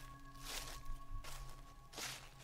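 Three slow, crunching footsteps in a kitchen on dry leaves blown in from outside and fallen bamboo matting on the earth floor, each a brief rustling burst spaced about a second apart, over a faint steady hum with no voices.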